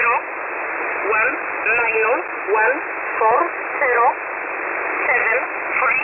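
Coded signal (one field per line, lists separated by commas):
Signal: numbers station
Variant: E11 Oblique, English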